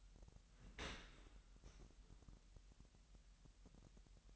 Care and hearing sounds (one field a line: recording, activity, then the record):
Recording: daily activity, microphone in the room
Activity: open dishwasher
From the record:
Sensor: 3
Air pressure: 998.3 hPa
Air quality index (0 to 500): 150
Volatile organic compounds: 5 ppm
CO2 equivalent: 1795 ppm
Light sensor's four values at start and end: 13/39/15/14 and 13/39/15/14